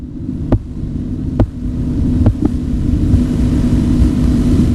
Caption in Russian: 5-я фаза. В момент исчезновения звука фиксировалось диастолическое давление.